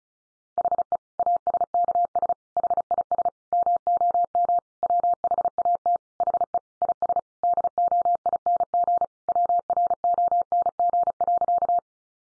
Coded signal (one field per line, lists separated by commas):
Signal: Morse code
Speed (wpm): 34 wpm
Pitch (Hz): 700 Hz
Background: none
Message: HE ASKS HIS MOM WHAT HE IS DOING WRONG.